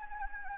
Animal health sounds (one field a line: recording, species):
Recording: mosquito wingbeat signal from an infrared sensor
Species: Anopheles gambiae